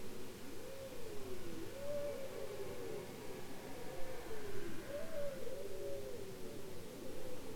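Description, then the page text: Bowhead whale giving a series of wavering, arched moans that sweep up and down in repeated loops, with steady low underwater background noise. "Bowhead whales ( Balaena mysticetus ) are copycats, imitating sounds heard in their environment. Polar Research"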